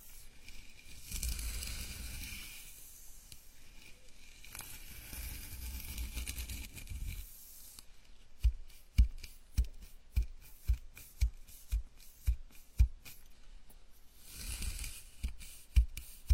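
A scalp massage, starting with soft, continuous rubbing and brushing through hair for about eight seconds. Then the strokes change to a run of distinct taps or pats, roughly twice per second. Soft rubbing returns near the end.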